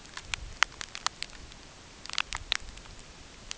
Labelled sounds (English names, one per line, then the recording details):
none
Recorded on Arctic tundra, site UTQI-8, on 9 June 2019
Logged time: 16:00